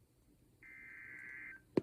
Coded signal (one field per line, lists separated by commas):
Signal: Emergency Alert System (SAME) tones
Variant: header bursts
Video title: The Most Scuffed Enhanced Risk - EAS Alerts from 5/16/25 || EAS 1,782-1,798